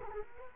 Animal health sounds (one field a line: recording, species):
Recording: mosquito wingbeat signal from an infrared sensor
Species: Culex quinquefasciatus